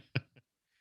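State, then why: Seated. A small plane piece is slid into an opening in a collectible chess piece and locks into place. A short, sharp tick is heard at 0.2 s, followed by a softer second tick around 0.4 s, then near silence. The insert is seated.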